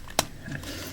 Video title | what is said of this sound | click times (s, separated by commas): Transformers - Generations GDO Voyager G2 Megatron Review | Then we have to sort of push this until it snaps, | 0.2 s